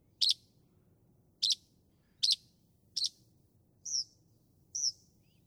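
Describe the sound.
Northern mockingbird giving sharp high notes at uneven intervals, then two softer slurred whistles, over a low steady background hiss.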